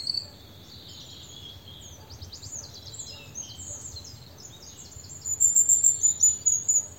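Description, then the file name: European robin song of high trills and chittering notes, ending in a louder run of rapid tinkling pulses. "Erithacus rubecula"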